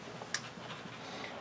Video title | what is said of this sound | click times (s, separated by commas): Lets build a ASRock J5040 C64 Silent PC [Full parts & Tutorial] | very very very um just about heard that but that's clicked into place the tab | 0.3 s